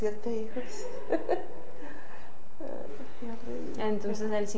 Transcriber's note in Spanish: risas